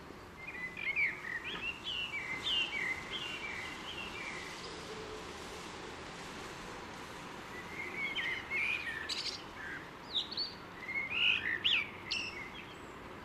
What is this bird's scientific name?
Turdus merula